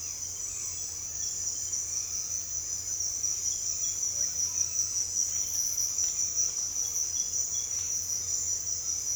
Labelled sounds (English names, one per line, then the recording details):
none
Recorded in secondary vegetation near Puerto Asís, Putumayo, Colombia, on 26 December 2024 at 06:30
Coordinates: 0.484, -76.319
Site GP06